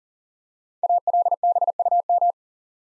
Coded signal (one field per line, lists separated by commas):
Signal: Morse code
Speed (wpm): 42 wpm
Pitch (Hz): 700 Hz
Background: none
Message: ALBUM